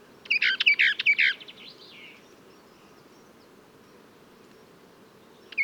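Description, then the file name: Western Orphean warbler singing a short, full-throated warbled phrase of repeated rolling notes ending in a softer slur, then a pause before another phrase begins. "sylvia hortensis song"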